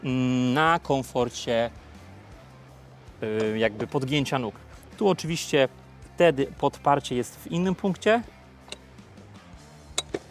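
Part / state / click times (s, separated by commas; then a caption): motorcycle seat into its frame mount and latch / not seated / none. Someone talks over background music while the seat of a 2025 Yamaha Tracer 7 motorcycle is pushed down onto its frame mount and latch. Short knocks sound near 8.7, 10.0 and 10.2 seconds. The seat has not seated or latched yet.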